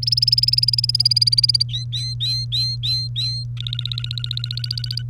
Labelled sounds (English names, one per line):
Domestic Canary song